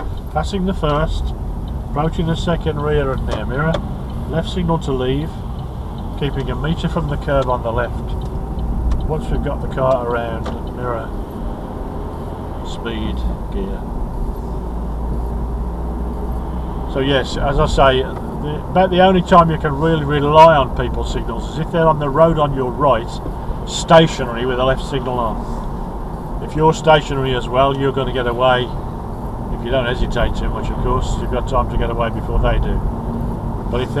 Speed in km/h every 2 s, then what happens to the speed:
15, 18, 16, 15, 23, 29, 34, 35, 39, 42, 42, 42, 42, 42, 40, 40, 40.
0-6 steady at about 15. 6-18 speeds up to 42. 18-34 steady at about 42.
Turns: 0-6.